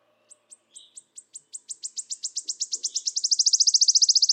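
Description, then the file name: Wood warbler song: sparse high ticking notes that speed up and run together into a fast, shivering, metallic trill growing louder to the end. "Mathias Ritschard - Penochka-trecshotka Phylloscopus sibilatrix"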